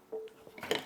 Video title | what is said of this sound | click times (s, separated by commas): Duty Belt (BAER Solutions, Blade-Tech) | but the way it works it's just the same way it kind of drops into place hear a click | 0.7 s